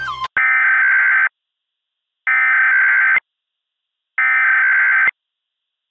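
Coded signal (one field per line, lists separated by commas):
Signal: Emergency Alert System (SAME) tones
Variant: header bursts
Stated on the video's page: Fictional recreation of a Required Monthly Test using valid EAS tones, styled as SAGE ENDEC equipment.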